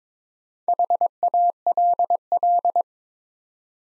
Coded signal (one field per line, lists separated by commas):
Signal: Morse code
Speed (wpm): 22 wpm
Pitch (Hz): 700 Hz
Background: none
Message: HALL